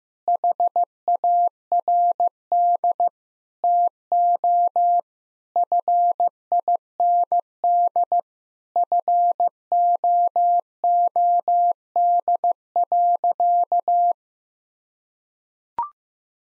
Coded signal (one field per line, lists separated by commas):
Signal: Morse code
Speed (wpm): 15 wpm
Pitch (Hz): 700 Hz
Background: none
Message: HARD TO FIND FOOD.